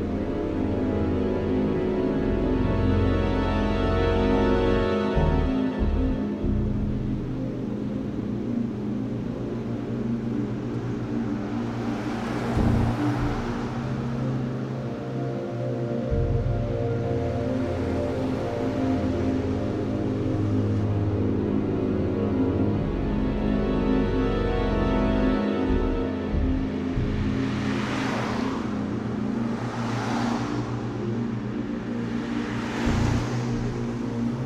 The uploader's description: the sounds of traffic, riding public transportation, crickets, as well as computer-based guitars, synthesizers, and pipe organs